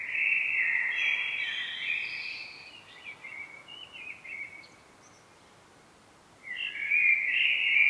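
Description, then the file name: Common blackbird singing a mellow fluted phrase with a high twittering tail, a few softer notes in a pause, then a new phrase starting near the end. "Turdus merula"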